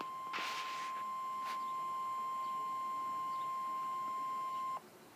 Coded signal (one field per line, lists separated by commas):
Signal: Emergency Alert System (SAME) tones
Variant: 1050 Hz attention tone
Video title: Real NOAA Weather Radio EAS Test #3